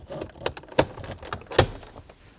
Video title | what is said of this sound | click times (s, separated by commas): How to Replace Blend Door Actuator 2009-2014 Ford F-150 | then slide this back in. Should snap into place. | 0.8 s, 1.6 s